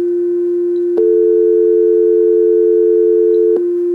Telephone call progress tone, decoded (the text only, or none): dial tone